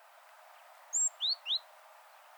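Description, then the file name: Great tit call, three brief notes: a thin high whistle followed by two quick downslurred notes, with faint background hiss. "Parus major"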